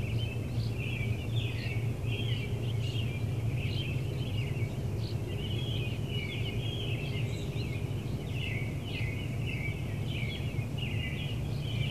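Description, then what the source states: Birds chirping steadily, many short high chirps tumbling together without pause, above a persistent deep humming background. Birds chirping in an urban area.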